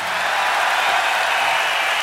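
A crowd applauds steadily for a live rock band, a dense, even wash of many hands clapping at a constant loudness for about two seconds, with no voices standing out; from a live album released in 2005.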